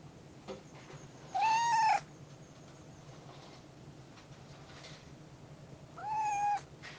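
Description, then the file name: Cat: kitten meowing: two clear, steady, mid-pitched meows about four and a half seconds apart, each lasting over half a second, over a low constant hum. A kitten on a wall. "Pernett Alex Gatito Muro"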